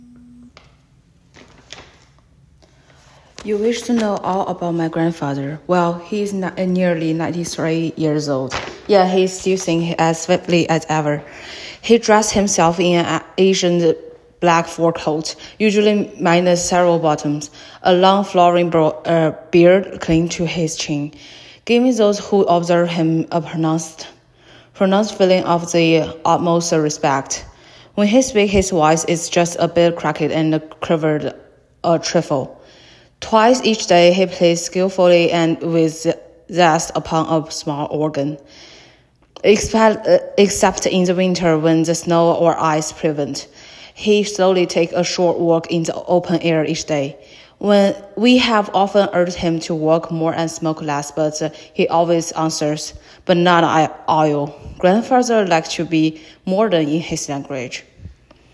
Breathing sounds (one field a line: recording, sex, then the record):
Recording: reading aloud after running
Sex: female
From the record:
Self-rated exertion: light exertion (2 of 6)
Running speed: 6 miles an hour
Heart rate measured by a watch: 76 beats a minute at the start, 95 at the end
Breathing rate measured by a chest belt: 14 breaths a minute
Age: 23 years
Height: 163 cm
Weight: 70 kg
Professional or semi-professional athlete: no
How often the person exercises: 1 to 2 times a week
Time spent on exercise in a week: 1 to 2 hours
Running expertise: no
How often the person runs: 1 to 2 times a week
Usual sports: running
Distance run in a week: 7 km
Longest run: 7 km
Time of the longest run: 50 minutes